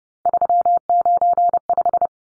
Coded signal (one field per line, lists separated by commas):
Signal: Morse code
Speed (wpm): 30 wpm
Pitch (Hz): 700 Hz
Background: none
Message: 395